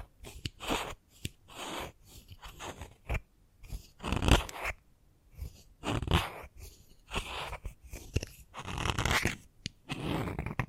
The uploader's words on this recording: ASMR The Best Kind of Chalk Sounds Tapping, Scratching, Carving etc (No Talking).